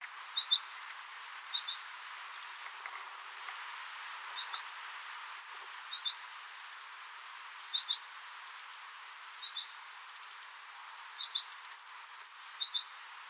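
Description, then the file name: Common chaffinch calls: short, sharp paired notes, high and clipped, repeated every one to three seconds over a steady hiss of background noise. "Fringilla coelebs"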